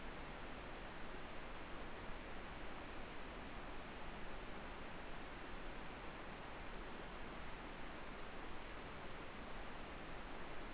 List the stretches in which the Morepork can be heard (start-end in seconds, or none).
none